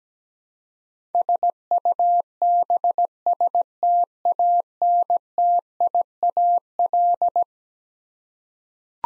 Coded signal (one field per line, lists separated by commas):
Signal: Morse code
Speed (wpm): 17 wpm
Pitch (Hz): 700 Hz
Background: none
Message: SUBSTANTIAL